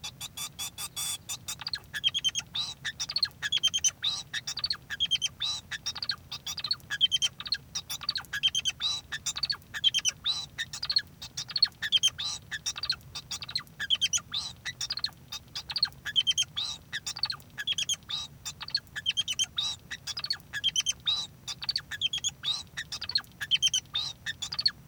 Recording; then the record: song of a male Bengalese finch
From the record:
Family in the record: son of father 2